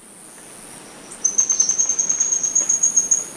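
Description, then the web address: Green-and-black fruiteater call: a long, very high, thin trilled series of quick notes starting after a second of quiet, over soft background hiss. Recorded in Ecuador. "Natures Songs S America Birds of Ecuador Green-and-black Fruiteater"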